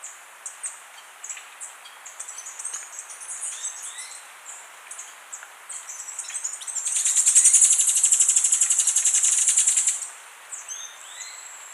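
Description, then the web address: Western Hemispingus calling with sharp, high-pitched ticks, then a loud rapid trill lasting about three seconds before the thin chips resume; soft downslurred whistles sound faintly beneath. Recorded in Ecuador. "Birds of Ecuador. Western Hemispingus"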